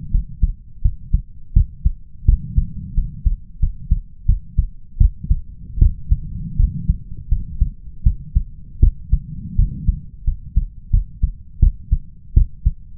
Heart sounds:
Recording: heart sounds by stethoscope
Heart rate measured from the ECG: 83 bpm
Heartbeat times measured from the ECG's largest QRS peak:
0.11 s: heartbeat
0.82 s: heartbeat
1.53 s: heartbeat
2.25 s: heartbeat
2.94 s: heartbeat
3.59 s: heartbeat
4.26 s: heartbeat
4.98 s: heartbeat
5.79 s: heartbeat
6.56 s: heartbeat
7.29 s: heartbeat
8.03 s: heartbeat
8.80 s: heartbeat
9.56 s: heartbeat
10.24 s: heartbeat
10.90 s: heartbeat
11.59 s: heartbeat
12.34 s: heartbeat
From the record:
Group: healthy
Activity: cold pressor test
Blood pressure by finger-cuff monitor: 124/85 mmHg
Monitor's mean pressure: 98 mmHg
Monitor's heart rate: 83 bpm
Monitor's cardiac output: 6.4 L/min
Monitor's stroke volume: 77 mL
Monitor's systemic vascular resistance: 1140 dyn s/cm5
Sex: male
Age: 21 years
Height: 180 cm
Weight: 67.5 kg

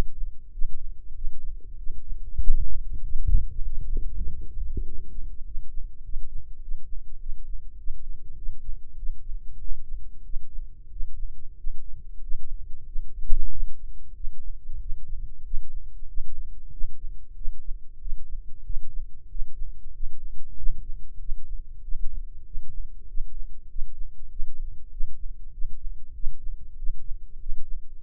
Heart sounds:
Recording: heart sounds by microphone in the right ear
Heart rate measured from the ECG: 96 bpm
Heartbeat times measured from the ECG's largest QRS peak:
0.49 s: heartbeat
1.12 s: heartbeat
1.75 s: heartbeat
2.38 s: heartbeat
3.00 s: heartbeat
3.62 s: heartbeat
4.23 s: heartbeat
4.83 s: heartbeat
5.43 s: heartbeat
6.01 s: heartbeat
6.59 s: heartbeat
7.16 s: heartbeat
7.75 s: heartbeat
8.34 s: heartbeat
8.94 s: heartbeat
9.57 s: heartbeat
10.21 s: heartbeat
10.88 s: heartbeat
11.54 s: heartbeat
12.19 s: heartbeat
12.84 s: heartbeat
13.48 s: heartbeat
14.12 s: heartbeat
14.77 s: heartbeat
15.42 s: heartbeat
16.05 s: heartbeat
16.69 s: heartbeat
17.33 s: heartbeat
17.97 s: heartbeat
18.62 s: heartbeat
19.27 s: heartbeat
19.91 s: heartbeat
20.54 s: heartbeat
21.17 s: heartbeat
21.80 s: heartbeat
22.43 s: heartbeat
23.05 s: heartbeat
23.66 s: heartbeat
24.27 s: heartbeat
24.88 s: heartbeat
25.50 s: heartbeat
26.12 s: heartbeat
26.74 s: heartbeat
27.37 s: heartbeat
27.99 s: heartbeat
From the record:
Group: healthy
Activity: rest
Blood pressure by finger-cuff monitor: 97/68 mmHg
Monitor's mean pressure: 77 mmHg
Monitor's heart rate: 96 bpm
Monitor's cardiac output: 7.6 L/min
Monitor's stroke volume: 79 mL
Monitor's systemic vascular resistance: 720 dyn s/cm5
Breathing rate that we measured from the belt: 16 breaths a minute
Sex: male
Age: 19 years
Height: 178 cm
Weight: 83 kg

